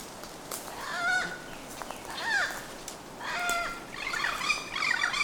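Bird calls: a few harmonic, slightly nasal notes spaced about a second apart over steady background hiss, with busier high chatter in the last second.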